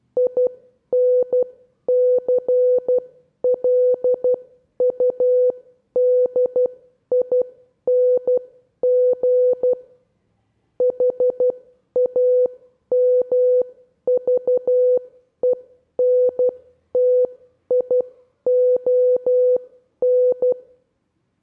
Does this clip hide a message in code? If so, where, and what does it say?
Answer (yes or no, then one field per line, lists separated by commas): yes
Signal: Morse code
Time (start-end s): 0.2-20.5 s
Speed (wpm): 12 wpm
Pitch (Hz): 500 Hz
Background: none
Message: INCLUDING HAMVENTION